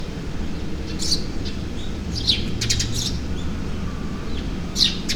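Bird utters a few sharp high chirps, some doubled, with pauses between, over a soft low hum.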